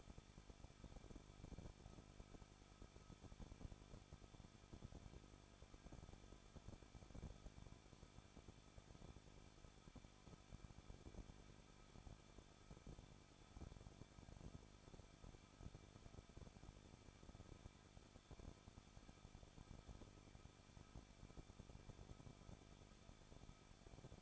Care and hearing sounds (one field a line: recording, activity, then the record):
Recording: daily activity, microphone in the room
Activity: no activity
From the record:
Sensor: 5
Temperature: 20.8 degrees Celsius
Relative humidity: 38.6%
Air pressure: 1006.5 hPa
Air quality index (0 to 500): 191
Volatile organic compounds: 20 ppm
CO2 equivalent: 2704 ppm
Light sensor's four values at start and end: 2/3/1/1 and 2/3/1/1